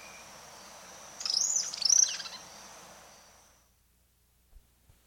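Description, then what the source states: White-ruffed manakin giving two high, thin call notes that rise and fall, over a high insect-like whine that fades out well before the end. South America.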